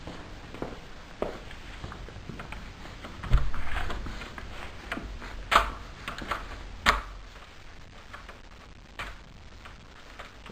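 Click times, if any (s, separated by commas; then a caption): none. During a home inspection, a door and its latch are worked, with a series of sharp knocks and rattles, the loudest near 5.6 s and 6.9 s, over a low background hiss. The latch bolt never catches in the strike plate, and nothing has seated or clicked, so the door can't be locked and could be jimmied open.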